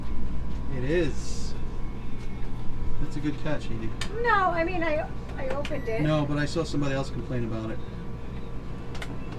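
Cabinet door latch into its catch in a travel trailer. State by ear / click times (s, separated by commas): seated / 9.0 s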